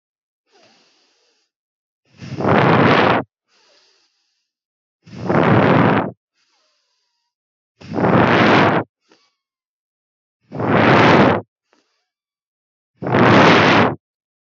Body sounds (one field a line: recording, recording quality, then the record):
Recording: deep breathing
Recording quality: excellent, no background noise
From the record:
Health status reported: exposed to COVID-19, no respiratory illness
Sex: female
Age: 23 years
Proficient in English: yes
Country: India